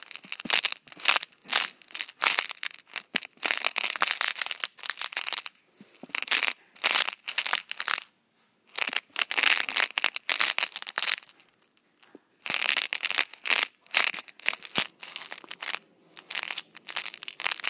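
M&M's rolling around inside a can make a bright, gritty rattle that comes in bursts of a second or two. The bursts surge and fade with short silent gaps between them, the loudest runs falling near four, nine to eleven, and thirteen seconds.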